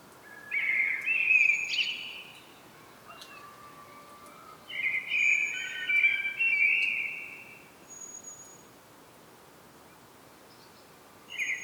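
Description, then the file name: Common blackbird song: a fluted phrase with a high ending, then a longer warbled phrase, and the start of another phrase at the end. "Turdus merula"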